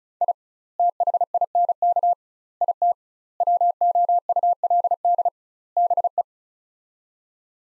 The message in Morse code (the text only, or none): I THINK IT WOULD BE